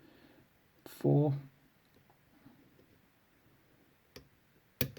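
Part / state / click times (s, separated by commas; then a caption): pin stack in a lock cylinder / seated / 4.8 s. Someone picks a cutaway pin-tumbler cylinder fitted with homemade pins, holding it under tension while pushing pin stack 4 upward. After a brief burst of talk near 1 second and a faint tick at 4.2 seconds, pin stack 4 sets at the shear line with a sharp click at 4.8 seconds, followed by a smaller tick just after.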